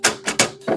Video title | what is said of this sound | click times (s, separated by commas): How To Install a Geberit Type 290 Dual Flush Valve - Step by Step Guide | You can hear that. That's when it's locked. | 0.0 s, 0.4 s